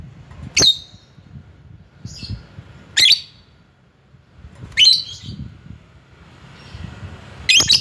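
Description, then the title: Lovebird giving several loud, shrill chirps a few seconds apart, over a low rumbling background. Calling a rival. "Lovebird Memanggil Lawan"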